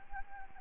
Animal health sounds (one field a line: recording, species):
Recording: mosquito wingbeat signal from an infrared sensor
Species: Anopheles gambiae